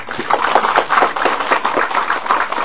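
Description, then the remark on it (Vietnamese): A round of applause from the audience at a Buddhist dharma talk: dense, crackling clapping that holds steady and fairly loud for the whole stretch, with no voices standing out above it. “Ở đây các vị nghe pháp rất là nhiều, cho tràng pháo tay.”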